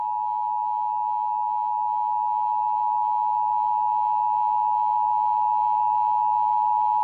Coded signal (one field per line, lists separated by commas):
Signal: Emergency Alert System (SAME) tones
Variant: 853 and 960 Hz attention tone